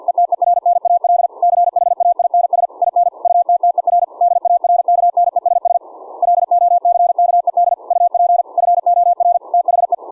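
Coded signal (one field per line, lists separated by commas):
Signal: Morse code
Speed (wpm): 46 wpm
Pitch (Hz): 700 Hz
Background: none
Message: ETERNAL CHAINS IN UTTER DARKNESS LOCKED UP FOR THE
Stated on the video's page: CW sent from a CW keyboard, keying a rig through an audio-derived keying circuit on a breadboard, in a test of keying at different audio volumes.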